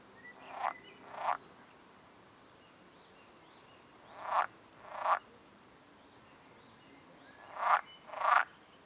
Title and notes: Frosch - Bergisch Gladbach kwak. Frosch bei der Arbeit